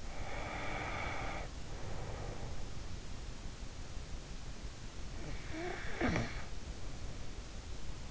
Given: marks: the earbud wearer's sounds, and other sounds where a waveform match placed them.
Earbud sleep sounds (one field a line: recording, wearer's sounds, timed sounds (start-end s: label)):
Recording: sounds in sleep by an in-ear microphone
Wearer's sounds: breath, snoring breath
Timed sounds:
0.00-2.71 s: breath
5.13-7.17 s: snoring breath